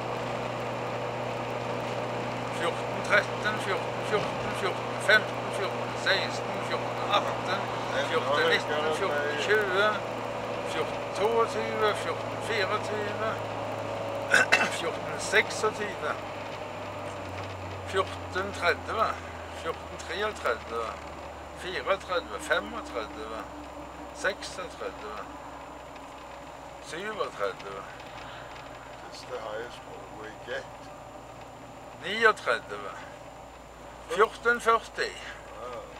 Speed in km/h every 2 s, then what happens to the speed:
60, 60, 60, 58, 58, 55, 53, 51, 47, 40, 36, 34, 31, 30, 29, 29, 29, 28.
0-9 steady at about 60. 9-24 slows to 31. 24-36 steady at about 29.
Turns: none.